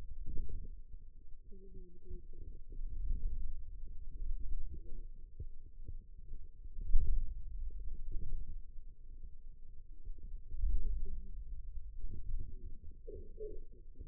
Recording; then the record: forearm muscle sounds (acoustic myography)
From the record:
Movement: radial deviation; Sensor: system 2, bracelet of six BSWA MPA416 microphones around the upper forearm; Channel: 3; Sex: female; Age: 21 years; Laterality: right